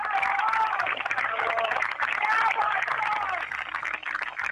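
A crowd applauds steadily for the whole stretch at the funeral of actor Alfredo Alcón, at the pantheon of the Asociación Argentina de Actores in La Chacarita cemetery, Argentina: a dense, even wash of many hands clapping with a faint murmur of voices mixed in, staying loud without pause.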